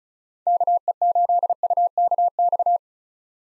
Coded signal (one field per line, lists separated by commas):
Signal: Morse code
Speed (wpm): 34 wpm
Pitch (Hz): 700 Hz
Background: none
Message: KE8UKX